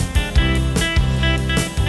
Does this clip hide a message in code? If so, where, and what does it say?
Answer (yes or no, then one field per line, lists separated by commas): no